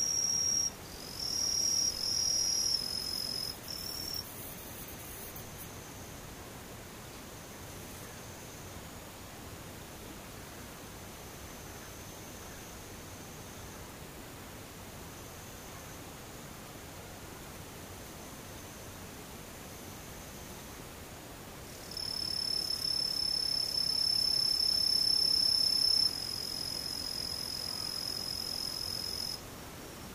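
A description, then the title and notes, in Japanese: Daytime insects buzz in steady high-pitched trills, loudest in the first four seconds and again from about 22 to 26 seconds, over soft hiss. ムシ昼。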